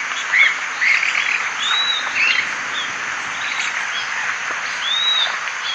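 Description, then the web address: Bird calls: high arched whistles and quick chirps, several close together near the start and another clear arch near the end, over constant hiss. "BIRD 2015 SABIOD 50 bird 2015"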